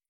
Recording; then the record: hydrophone in a shrimp aquaculture tank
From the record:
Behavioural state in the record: feeding